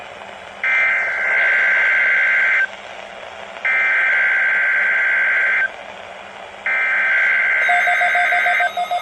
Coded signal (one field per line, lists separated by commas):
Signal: Emergency Alert System (SAME) tones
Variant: header bursts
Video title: REQUIRED WEEKLY TEST WWG53 PARKER PA EAS #13